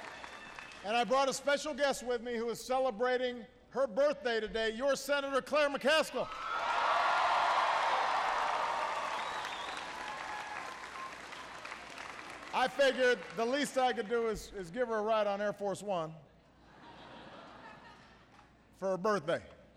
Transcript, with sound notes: And I brought a special guest with me who is celebrating her birthday today -- your senator, Claire McCaskill. (Applause.) I figured the least I could do is give her a ride on Air Force One for her birthday.